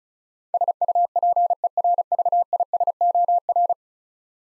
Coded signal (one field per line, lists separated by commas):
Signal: Morse code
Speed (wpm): 36 wpm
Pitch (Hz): 700 Hz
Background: none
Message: SUPERVISOR